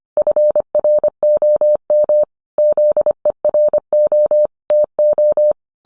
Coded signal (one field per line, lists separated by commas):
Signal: Morse code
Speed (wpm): 25 wpm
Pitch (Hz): 600 Hz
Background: none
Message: FROM ZERO TO